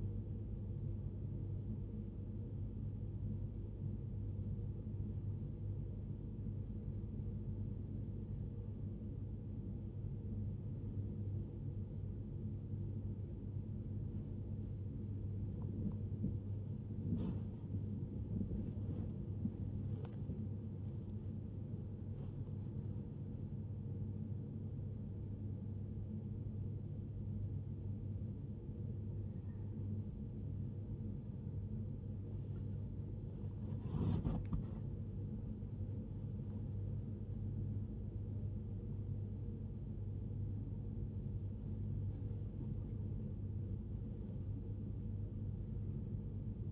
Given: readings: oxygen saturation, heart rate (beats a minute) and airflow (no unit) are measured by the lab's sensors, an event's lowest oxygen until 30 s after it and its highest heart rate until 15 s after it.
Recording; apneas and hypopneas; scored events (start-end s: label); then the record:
breathing in sleep by a smartphone at the bedside; 1
6.00-20.50 s: hypopnea (REM, oxygen 95% highest, then 95% lowest, heart rate 62 at the start, 88 highest)
From the record:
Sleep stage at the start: REM sleep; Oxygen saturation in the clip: 95 to 96%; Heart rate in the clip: 58 to 88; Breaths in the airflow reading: 12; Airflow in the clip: -7.9 to 9.5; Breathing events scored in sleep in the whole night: 103 in 8.4 hours asleep